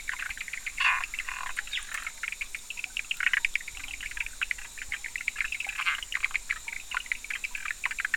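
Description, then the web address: A frog chorus of continuous short chirping pulses, many callers overlapping in quick succession. 11 October 2019, in the evening between 18:00 and 20:00. "frog rec 18-20 20191011"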